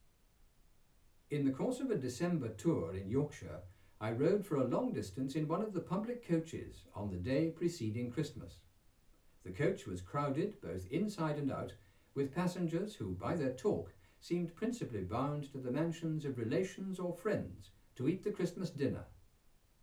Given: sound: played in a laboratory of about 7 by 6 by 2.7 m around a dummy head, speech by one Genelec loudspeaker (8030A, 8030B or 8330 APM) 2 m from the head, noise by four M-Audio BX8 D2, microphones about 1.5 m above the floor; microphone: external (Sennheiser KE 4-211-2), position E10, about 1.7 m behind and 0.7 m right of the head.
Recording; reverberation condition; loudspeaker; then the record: male speech in English; low; in front (0 degrees)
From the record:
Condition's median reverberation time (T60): about 310 ms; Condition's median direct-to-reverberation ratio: about 3.5 dB